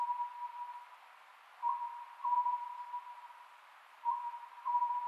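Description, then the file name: Oriental scops owl heard in two hooted phrases of several short notes, spaced a couple of seconds apart, over quiet hiss. Recorded on 27 May 2010 at 22:21. "konohazuku-20100527-2221"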